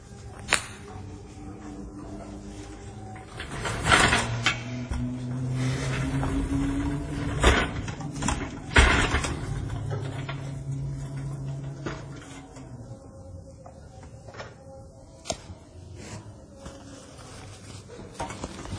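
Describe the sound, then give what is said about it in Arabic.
A heavy whiteboard on wheels is rolled and shifted, with a low rumbling scrape, faint squeaks and several loud knocks and bumps as it is set in place, followed by softer clatter, as a second whiteboard is brought in during a lecture. “نفترض بارك الله فيكم، هنا نكتب، والله لا أدري، نأتي بالسبورة الأخرى.”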